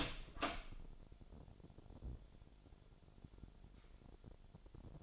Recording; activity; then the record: daily activity, microphone in the room; open door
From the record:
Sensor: 5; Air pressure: 1007.4 hPa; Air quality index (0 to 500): 162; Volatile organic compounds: 4 ppm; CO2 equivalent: 1554 ppm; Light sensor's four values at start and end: 58/163/63/64 and 57/162/63/63